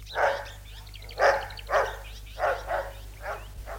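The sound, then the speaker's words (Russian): A dog named Dyanka barks in a series of about seven sharp, mid-pitched woofs at an uneven pace, the early barks loud and the last few trailing off fainter, with no talking. “Эй, Дянка-то, кажись, стоит. Дянка, ты!”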